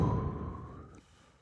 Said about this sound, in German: Erstmal ausatmen. Also erstmal ausatmen. Dann nehmen. Schlucken und ausatmen.